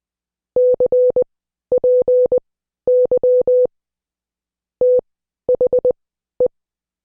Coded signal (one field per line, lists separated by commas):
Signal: Morse code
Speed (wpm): 20 wpm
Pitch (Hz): 500 Hz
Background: none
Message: CPY THE